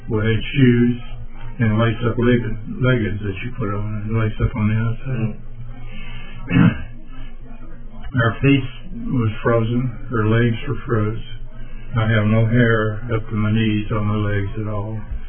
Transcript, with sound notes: we had shoes and lace up legging, leggings as you put on, lace up on the outside. (Clears throat) Our feet was frozen, our legs were froze, I have no hair up to my knees on my legs at all.